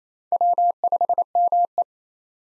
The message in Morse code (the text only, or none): W5ME